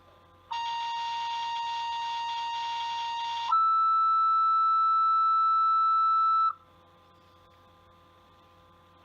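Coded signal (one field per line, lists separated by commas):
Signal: two-tone page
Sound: a steady mid tone for three seconds, then a higher steady tone for three seconds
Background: radio static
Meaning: Alert tones that open a fire/EMS dispatch to a specific company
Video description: Terry's Corners was originally toned out for the call with Tri-Town Ambulance; however, Tri-Town was unable to assemble a crew. Rapids was then requested.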